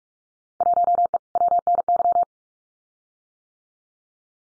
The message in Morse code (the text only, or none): 1E WNY